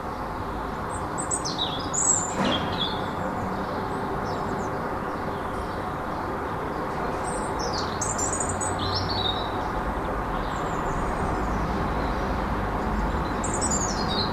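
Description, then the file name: European robin: high, thin phrases in separate bursts with pauses between, over a continuous low traffic drone, with one sharp knock. In a city, 5 March 2015; recorded on an MZ-N710 MiniDisc recorder. "Rouge-gorge dans la ville 5 03 15"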